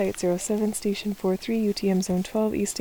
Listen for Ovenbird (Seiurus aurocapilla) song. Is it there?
no